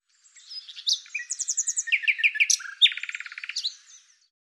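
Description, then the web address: Bird song: a continuous, varied high warble mixing sharp chirps, fast rattling trills and a buzzy repeated series of notes, lasting nearly four seconds against a silent background. "Deverinetal 2025"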